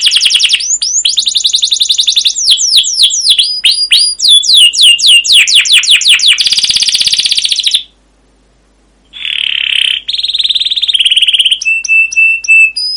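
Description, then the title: Canary delivering rolling trills of quick downslurred notes and a buzzy run, then a short silence followed by flat, sustained whistles and harsh buzzes. Canary (kenari) masteran of long, rolling 'ngerol' 'gacor' song with 'cuit cuit' chirps, used as a lure to prompt other canaries to sing. "CUIT CUIT NGEROL LANGSUNG GACOR PANJANG Kenari Ini AMPUH Utk Pancingan KENAR. Masteran Suara Burung Kenari Gacor Panjang cuit cuit Ngerol untuk Pancingan Kenari!"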